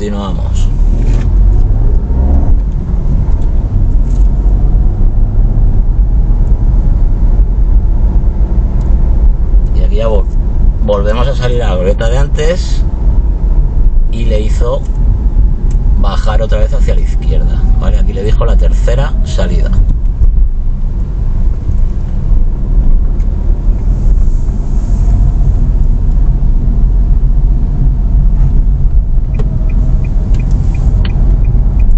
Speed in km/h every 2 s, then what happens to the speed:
10, 17, 23, 28, 28, 27, 27, 26, 23, 19, 15, 22, 23, 21, 21, 24.
0-6 speeds up to 28. 6-14 steady at about 27. 14-19 slows to 15. 22-32 steady at about 22.